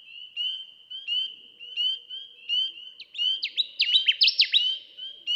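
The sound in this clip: Connecticut warbler song: a loud, rapid burst of slurred notes in the second half, after a steady series of high whistled notes.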